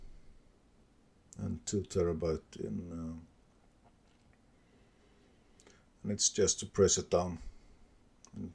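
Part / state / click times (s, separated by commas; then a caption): laptop bottom cover clips into laptop chassis / seated / 8.2 s. Someone talks while the plastic bottom cover of an Acer Predator Helios Neo 16 (PHN16-72-97Z5) laptop is pressed down around its edge so its retaining clips snap into the chassis. A short, sharp click is heard at about 8.3 s as a clip seats. The cover clips into place.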